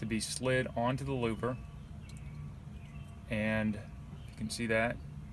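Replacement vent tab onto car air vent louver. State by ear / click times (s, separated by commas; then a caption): not seated / none. Someone talks while a plastic replacement vent tab is slid onto a broken car air vent louver. The tab has not snapped or seated yet; nothing has clicked into place by the end of the clip.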